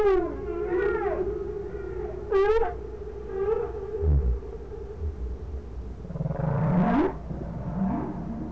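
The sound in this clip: Whale calls: several short harmonic chirps over a steady humming tone, a low thump midway, and a rising sweep near seven seconds.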